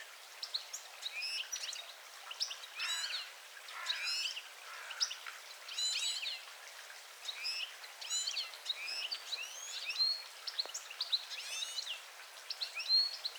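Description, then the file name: European goldfinch calls: liquid, twittering note clusters repeated steadily throughout, with occasional thin whistled notes. "Carduelis carduelis"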